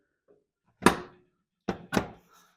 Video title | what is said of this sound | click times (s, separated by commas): Rod Knocked Subaru Gets A Second Chance To Live - How To Fix A Subaru With Rod Knock PT 2 | all right so I like to get it in there make sure it's in far enough and then get a nice shove and it's all the way in shouldn't come back out you'll hear it click in | 0.9 s